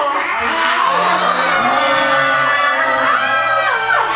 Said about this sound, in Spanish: Primero gritamos juntos.